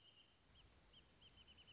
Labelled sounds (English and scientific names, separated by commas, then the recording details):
Wrentit (Chamaea fasciata)
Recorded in Sonoma County, California